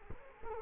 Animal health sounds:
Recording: mosquito wingbeat signal from an infrared sensor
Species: Culex quinquefasciatus

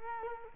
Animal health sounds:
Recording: mosquito wingbeat signal from an infrared sensor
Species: Culex quinquefasciatus

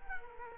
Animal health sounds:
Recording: mosquito wingbeat signal from an infrared sensor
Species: Culex quinquefasciatus

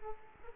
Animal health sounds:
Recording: mosquito wingbeat signal from an infrared sensor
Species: Aedes aegypti

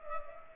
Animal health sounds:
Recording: mosquito wingbeat signal from an infrared sensor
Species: Culex pipiens

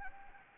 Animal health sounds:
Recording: mosquito wingbeat signal from an infrared sensor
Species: Anopheles gambiae

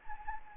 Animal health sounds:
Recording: mosquito wingbeat signal from an infrared sensor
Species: Anopheles gambiae

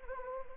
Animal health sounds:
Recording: mosquito wingbeat signal from an infrared sensor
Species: Anopheles gambiae

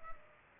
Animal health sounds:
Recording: mosquito wingbeat signal from an infrared sensor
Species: Culex pipiens

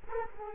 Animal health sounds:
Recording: mosquito wingbeat signal from an infrared sensor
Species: Culex quinquefasciatus

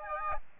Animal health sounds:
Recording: mosquito wingbeat signal from an infrared sensor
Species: Aedes albopictus

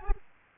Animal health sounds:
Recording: mosquito wingbeat signal from an infrared sensor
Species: Aedes albopictus

